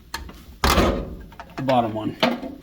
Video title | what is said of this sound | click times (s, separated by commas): Save Money By Swapping Your Own HVAC Air Filter! | slide this door. Just push it straight in. You'll hear that that snap in. | 0.6 s